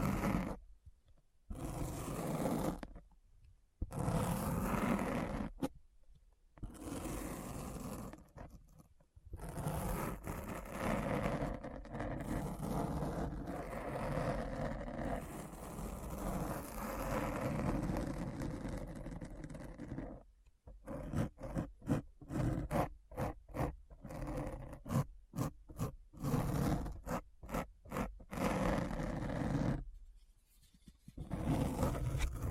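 Deep, rough scratching roar in long dense bursts broken by sudden silences, turning into fast choppy stutters in the final third.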